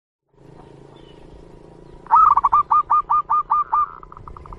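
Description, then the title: Zebra dove delivering one phrase of about eight clipped, stuttering notes, then a few softer rapid notes trailing off over a low background hum. Master zebra dove song, presented as a sound that prompts other zebra doves to join in and sing (manggung). "Perkutut Mana Yang Nggak Ikut Manggung Dengar Suara Perkutut Masteran Ini"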